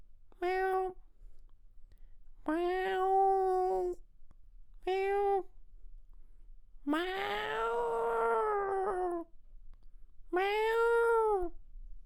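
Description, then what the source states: Domestic cat giving five drawn-out, wailing meows, lasting from under a second to over two seconds with pauses between, the fourth longest and harshest. Cat in heat, meowing while crying or annoyed.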